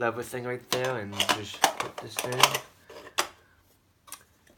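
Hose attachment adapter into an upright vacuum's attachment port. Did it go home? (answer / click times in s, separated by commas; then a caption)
yes / 3.2 s. Someone talks while lining a hose attachment adapter up with the hole and lever on a Royal all-metal upright commercial vacuum, then pushes it into the vacuum's attachment port. A sharp, tick-like click at 3.2 s shows the adapter seating in place, followed by a couple of faint light taps.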